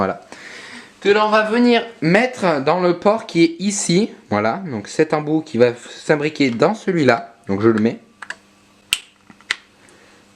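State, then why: Seated. Someone talks for about the first eight seconds, then a charger's round plug is pushed into a hoverboard's charging port. A few small taps lead to one sharp click at 8.9 s as the plug seats, followed by a couple of fainter ticks.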